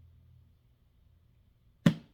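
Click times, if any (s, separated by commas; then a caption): 1.9 s. The magnetic lid flap of a cardboard gift box is closed again after being reopened. After a quiet stretch with only low rumble, it snaps shut with a single loud, sharp snap at 1.9 s that rings briefly, and the box is secured.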